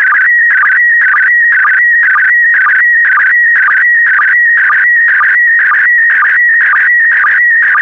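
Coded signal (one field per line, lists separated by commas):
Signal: SSTV (slow-scan television)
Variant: PD120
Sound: warbling, buzzy tone sliding around, with a short low blip about twice a second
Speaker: Five, four, three, two, one. Thank you. Transmission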